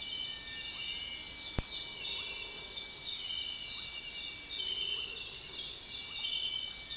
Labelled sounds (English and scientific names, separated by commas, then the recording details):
none
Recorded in pastures near Puerto Asís, Putumayo, Colombia, on 20 February 2024 at 06:00
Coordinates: 0.468, -76.328
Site G6414